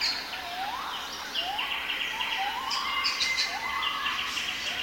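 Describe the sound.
Gibbon calling with a series of short rising whoops in quick succession, set against dense twittering birds and steady forest hum.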